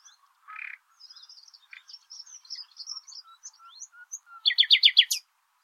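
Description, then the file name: Common nightingale: quiet clear whistled notes and soft chips, ending in a loud rapid burst of repeated buzzy, rattling pulses. "Luscinia megarhynchos"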